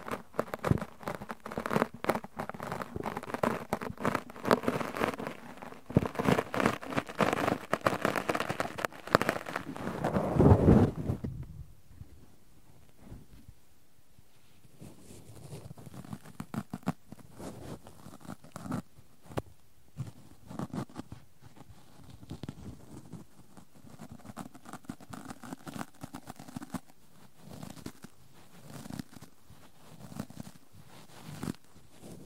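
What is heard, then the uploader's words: Cotton and tweezers make dense, fast scratchy rustling for the first ten seconds, then a brief squeaky rise near the eleventh second. After a near-silent pause, softer, sparser crackles and light taps return and continue unevenly to the end. ASMR No Talking Extreme Cotton and Tweezers Tingles.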